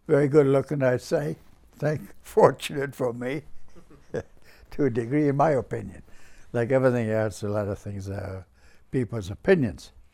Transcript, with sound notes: Very good looking, I'd say. Thank, fortunate for me. (he laughs) To a degree, my opinion. Like everything else, a lot of things are people's opinions.